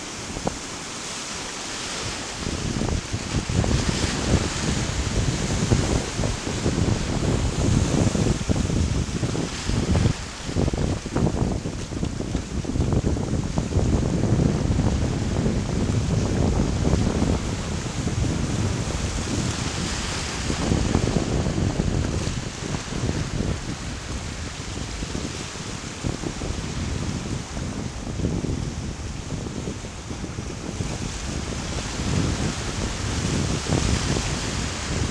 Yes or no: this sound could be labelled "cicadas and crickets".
no